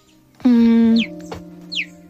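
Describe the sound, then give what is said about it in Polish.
A cat chirps: a sustained, buzzy trill-like call, followed by two short, high, rising chirps in quick succession, with no talking. “Słuchajcie, czy to prawda, że koty potrafią ćwierkać?”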